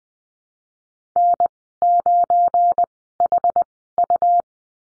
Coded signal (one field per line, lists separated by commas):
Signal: Morse code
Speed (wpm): 19 wpm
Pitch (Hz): 700 Hz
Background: none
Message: N9HU